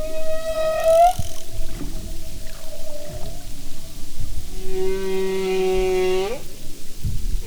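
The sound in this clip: Humpback whale song with long tonal moans rich in harmonics, one early high note, then a steady low hum that sweeps sharply upward near 6 seconds, over low background noise.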